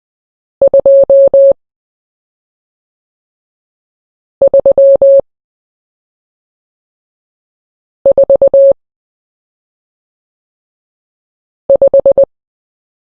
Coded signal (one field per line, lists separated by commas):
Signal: Morse code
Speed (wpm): 20 wpm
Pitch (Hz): 550 Hz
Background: none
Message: 2 3 4 5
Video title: Numbers In Morse Code 0-9